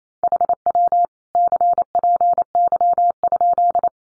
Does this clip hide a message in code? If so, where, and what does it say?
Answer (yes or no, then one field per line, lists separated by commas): yes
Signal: Morse code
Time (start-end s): 0.2-3.9 s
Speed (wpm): 28 wpm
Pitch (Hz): 700 Hz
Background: none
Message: HW CPY?